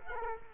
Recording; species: mosquito wingbeat signal from an infrared sensor; Culex quinquefasciatus